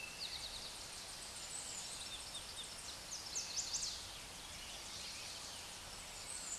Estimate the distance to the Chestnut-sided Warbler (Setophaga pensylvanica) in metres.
about 40 m